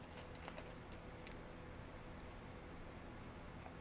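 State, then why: Not seated. A plastic safety eye backing washer is picked up again after being fumbled and lined up on the eye shank in a plush toy, ready to be pushed home. Faint handling taps and rustles sound over a steady low hum, with brief ticks around 0.4, 0.5 and 1.3 seconds. Nothing has seated or clicked yet.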